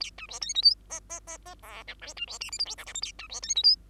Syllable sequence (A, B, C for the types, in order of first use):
A B C D E F G G G G H I J B C K L M N O P Q A B C D E F